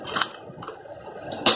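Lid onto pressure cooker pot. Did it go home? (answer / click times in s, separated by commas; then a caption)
yes / 1.5 s. A lid is turned onto a metal pressure cooker pot to engage its safety lock, with brief scraping taps around 0.2 s and 0.6–0.7 s as it rotates. A sharp, loud click at 1.5 s marks the lid locking into place on the pot.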